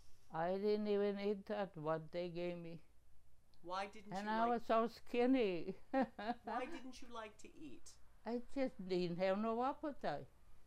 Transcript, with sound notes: I didn't even eat that, what they gave me.
Why didn't you like...
And I was so skinny. (laughing)
Why didn't you like to eat?
I just didn't have no appetite.